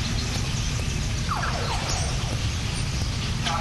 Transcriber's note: police siren sounds